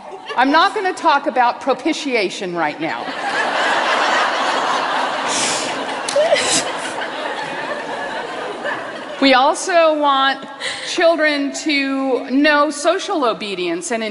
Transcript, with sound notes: I’m not going to talk about propitiation right now.” (laughter.) We also want children to know social obedience.